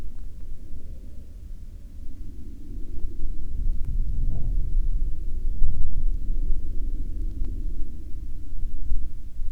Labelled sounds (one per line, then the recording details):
wind
aircraft
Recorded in the Prudhoe Bay oil fields, Alaska, on 15 August 2019 at 14:36
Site 14